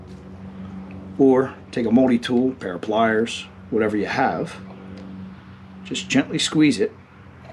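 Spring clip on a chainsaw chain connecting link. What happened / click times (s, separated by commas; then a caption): Handled, not yet home: no seating click, only speech over a steady low hum / none. A steel spring clip is handled with pliers over the rivets of the connecting link on a Stihl MS260 chainsaw chain, ready to be squeezed on. Someone talks over a steady low hum. Nothing has seated or clicked yet.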